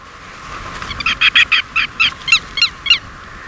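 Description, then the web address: Andean lapwing giving a rapid series of about ten harsh, nasal notes that start softly and grow loud, then stop after roughly two seconds. Recorded in Ecuador. "Birds of Ecuador. Andean Lapwing"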